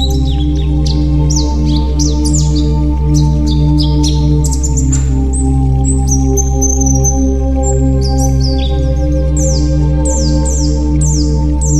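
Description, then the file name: White-eye song: rapid high twittering of sharp chirps and falling slurred notes, with a constant low hum underneath. White-eye 'terapi' (therapy) song. "terapi pleci"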